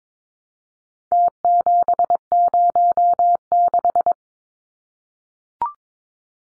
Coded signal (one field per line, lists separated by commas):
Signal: Morse code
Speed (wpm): 22 wpm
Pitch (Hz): 700 Hz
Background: none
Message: T706